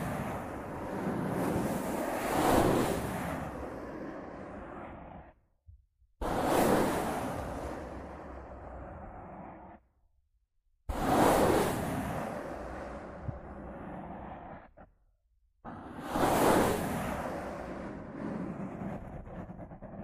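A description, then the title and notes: Rough scratching and brushing against a microphone comes in four long bursts, each lasting four to five seconds and separated by brief silences near 5, 10 and 15 seconds. Each burst starts loud and harsh, then fades into a dense, rushing rustle that thins toward its end. Rough Mic Scratching & Brushing (No Talking).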